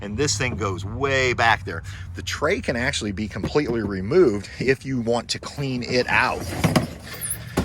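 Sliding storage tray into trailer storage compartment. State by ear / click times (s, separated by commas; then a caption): seated / 7.6 s. The pull-out storage tray of a 2020 Lance 1985 Tour travel trailer is pushed back into its storage compartment while someone talks. At 7.6 s, a single sharp hit marks the tray locking into place.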